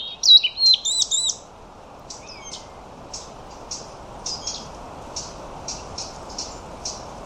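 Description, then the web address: European robin song: a quick high warbled phrase at the start, followed by a string of faint, evenly spaced high notes. "Deverinetal 2025 File origin Bird Only Er Ru"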